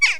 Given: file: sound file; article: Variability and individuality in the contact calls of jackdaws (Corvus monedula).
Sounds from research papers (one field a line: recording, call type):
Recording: jackdaw call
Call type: harmonic